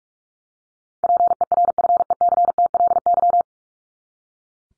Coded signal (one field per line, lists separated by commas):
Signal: Morse code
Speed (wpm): 44 wpm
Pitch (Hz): 700 Hz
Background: none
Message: PERFECTLY